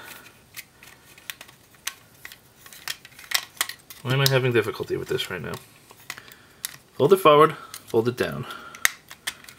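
Someone talks while repeatedly handling the plastic fold-down panel on a Cubex Old Timer Engineer Huff (Masterpiece Huffer) transforming robot figure, producing scattered small plastic clicks and taps over several failed tries. The panel is folded forward and down, and it seats with a sharp plastic click at 8.9 s.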